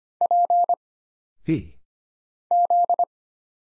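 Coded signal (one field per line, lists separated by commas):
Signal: Morse code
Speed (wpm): 25 wpm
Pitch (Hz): 700 Hz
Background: none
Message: P Z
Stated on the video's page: Single-character Morse drill for instant character recognition at 25 wpm: letters, numbers, punctuation and prosigns, each sent, spoken, then sent again.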